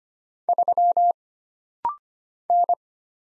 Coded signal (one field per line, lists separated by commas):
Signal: Morse code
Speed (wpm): 25 wpm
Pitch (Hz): 700 Hz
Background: none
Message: 3 N